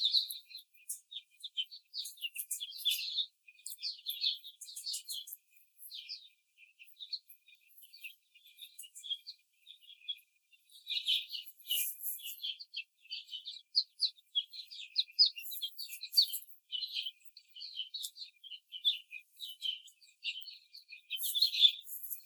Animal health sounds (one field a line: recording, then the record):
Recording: young laying hens in a cage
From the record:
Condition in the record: after the stressor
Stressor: simulated dog barking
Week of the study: 4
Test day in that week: 2